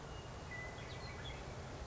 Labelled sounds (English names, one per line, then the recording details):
Western Meadowlark
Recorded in Sonoma County, California